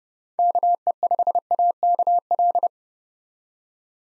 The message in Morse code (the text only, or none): KE5AKL